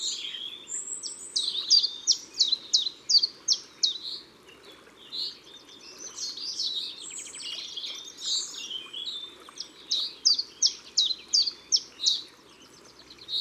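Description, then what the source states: Common chiffchaff song, two bursts of rhythmic, dropping chiff-chaff notes, separated by a jumble of other birds' chirps and warbles. Recorded in Ardèche, France.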